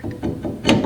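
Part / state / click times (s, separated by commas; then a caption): brake component (likely parking brake cable) into rear brake bracket hole / seated / 0.7 s. A brake part, likely the parking brake cable end, is pushed into its mounting hole on the rear brake bracket during a 12-inch rear disc brake conversion on a classic Ford Mustang. It was not fully in at first. After some low mechanical rattling, one sharp metallic click at 0.7 s marks it seating all the way in.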